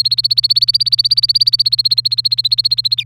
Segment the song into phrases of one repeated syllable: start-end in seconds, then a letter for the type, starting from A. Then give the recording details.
0.00-3.03 A. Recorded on 1 May 2018 at 08:00. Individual llb3